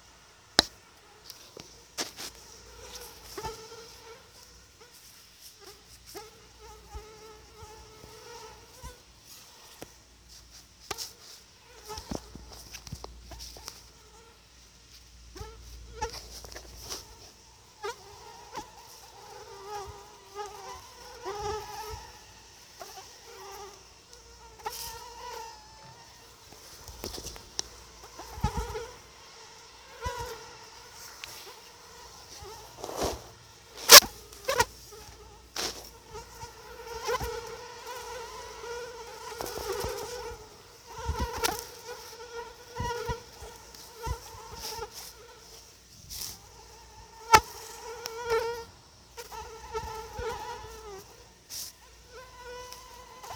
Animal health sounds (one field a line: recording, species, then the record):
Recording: mosquito flight sound by mobile phone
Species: Anopheles atroparvus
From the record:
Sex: female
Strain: EBRO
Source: CDC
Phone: Sony Xperia